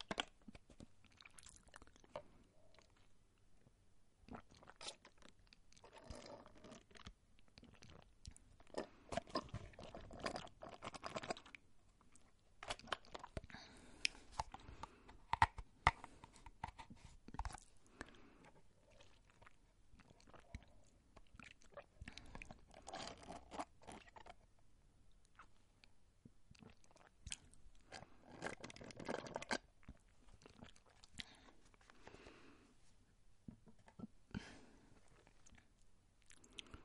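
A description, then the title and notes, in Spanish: A woman makes mouth sounds: wet clicks, smacks and crunchy chewing-like bites that come in dense irregular bursts throughout. Sharp bright snaps stand out around 10, 15 and 29 seconds, with quieter stretches of soft lip noise between. Relajantes sonidos con la boca de mujer sensual.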